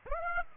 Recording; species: mosquito wingbeat signal from an infrared sensor; Aedes aegypti